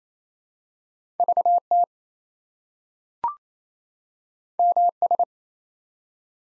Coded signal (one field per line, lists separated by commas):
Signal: Morse code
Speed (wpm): 29 wpm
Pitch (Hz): 700 Hz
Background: none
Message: VT MS